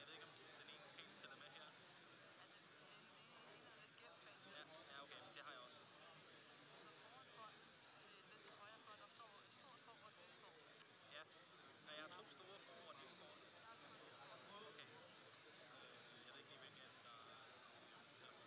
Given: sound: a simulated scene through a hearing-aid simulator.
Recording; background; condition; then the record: conversation; cafeteria; -4 dB SNR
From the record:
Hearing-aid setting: I (fast-acting compression, audibility-based gain); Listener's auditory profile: A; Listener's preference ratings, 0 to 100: 74, 11, 17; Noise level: 65 dB SPL